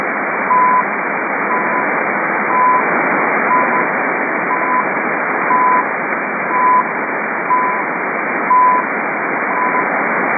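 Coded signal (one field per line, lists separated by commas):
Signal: radio time signal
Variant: CHU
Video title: CHU Otawwa. Time Signal Station. Canada 7850 Khz USB. Copiada en Marcos Paz Buenos Aires.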